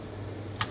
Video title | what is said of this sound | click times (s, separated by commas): Unit 2 & 25 Evidence - Marcus Callender | then just push it down quite firmly until you hear a click both ends in | 0.6 s